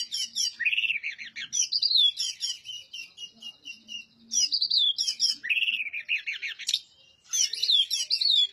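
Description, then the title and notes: Oriental magpie-robin song: dense, continuous medley of slurred whistles, trills and harsh chatters in long phrases with few breaks. Master song for training other birds; the bird is singing vigorously (gacor). "Suara Burung Kacer masteran. burung kacer gacor hebat"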